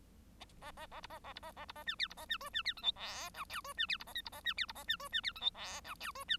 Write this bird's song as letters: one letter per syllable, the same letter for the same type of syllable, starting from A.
A A A B A A B A A B A C D B A C E C D F G H I J E C D B A K B A C D B A C E C D F G H I J E C